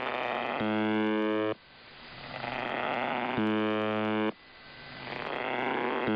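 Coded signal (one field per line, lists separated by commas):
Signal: channel marker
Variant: UVB-76 (The Buzzer)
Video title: [2023/01/15] UVB-76 奇妙なブザー音 strange buzzing sound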